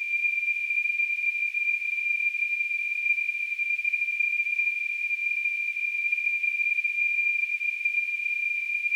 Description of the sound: Tinnitus.